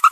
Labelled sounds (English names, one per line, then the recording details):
Green-rumped Parrotlet babbling
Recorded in a nest box in Venezuela
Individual 18B25A4